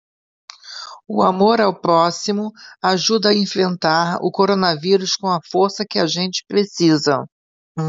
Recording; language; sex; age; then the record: spoken sentence; Brazilian Portuguese; female; 50 to 59 years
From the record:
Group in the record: control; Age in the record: 57 years